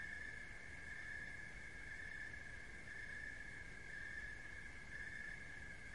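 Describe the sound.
Continuous cricket trill, a shrill tone pulsing about once per second over soft low-pitched noise.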